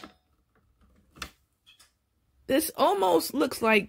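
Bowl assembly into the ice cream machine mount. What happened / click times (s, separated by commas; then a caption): The bowl twist-locked onto the machine mount / 1.2 s. A bowl assembly is fitted onto the mount of a Ninja CREAMi ice cream machine and twisted upward to lock it in place, with faint handling ticks before a sharp click at 1.2 s. The bowl is seated and locked, and then someone talks.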